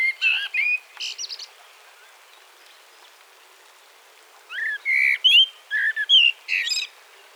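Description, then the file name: Common blackbird singing: a brief warbled phrase, a long pause, then a richer run of mellow rising whistles closing with high squeaky notes. "Turdus merula"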